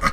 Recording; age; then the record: pig call; piglet (1 to 25 days)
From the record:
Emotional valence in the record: positive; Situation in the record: reunion after long isolation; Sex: male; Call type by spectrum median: low-frequency call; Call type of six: low-frequency tonal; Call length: 0.13 s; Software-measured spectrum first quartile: 223 Hz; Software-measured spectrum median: 1122 Hz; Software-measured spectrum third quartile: 1618 Hz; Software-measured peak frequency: 1249 Hz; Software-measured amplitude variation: 158 dB a second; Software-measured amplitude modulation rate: 3.9 a second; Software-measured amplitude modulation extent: 40.6 dB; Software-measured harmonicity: 2.8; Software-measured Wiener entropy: -1.35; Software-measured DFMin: 626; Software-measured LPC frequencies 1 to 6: 1231, 2035, 3100, 4272, 5451, 6104 Hz